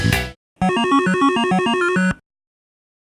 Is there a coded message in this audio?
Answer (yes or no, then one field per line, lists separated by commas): no